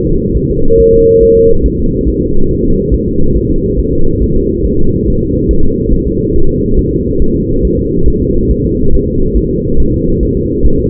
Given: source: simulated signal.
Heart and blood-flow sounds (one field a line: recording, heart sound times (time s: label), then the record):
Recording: fetal heart sounds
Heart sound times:
0.07 s: S2
0.37 s: S1
0.51 s: S2
0.80 s: S1
0.94 s: S2
1.23 s: S1
1.37 s: S2
1.66 s: S1
1.80 s: S2
2.08 s: S1
2.22 s: S2
2.51 s: S1
2.65 s: S2
2.94 s: S1
3.08 s: S2
3.36 s: S1
3.50 s: S2
3.79 s: S1
3.93 s: S2
4.22 s: S1
4.36 s: S2
4.65 s: S1
4.79 s: S2
5.08 s: S1
5.22 s: S2
5.51 s: S1
5.65 s: S2
5.93 s: S1
6.07 s: S2
6.36 s: S1
6.50 s: S2
6.79 s: S1
6.93 s: S2
7.22 s: S1
7.36 s: S2
7.65 s: S1
7.79 s: S2
8.08 s: S1
8.22 s: S2
8.51 s: S1
8.65 s: S2
8.94 s: S1
9.08 s: S2
9.37 s: S1
9.51 s: S2
9.80 s: S1
9.94 s: S2
10.23 s: S1
10.37 s: S2
10.66 s: S1
10.80 s: S2
From the record:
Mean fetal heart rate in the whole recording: 140 bpm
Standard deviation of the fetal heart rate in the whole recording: 2 bpm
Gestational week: 34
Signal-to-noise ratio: -19.1 dB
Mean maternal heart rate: 72 bpm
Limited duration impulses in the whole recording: present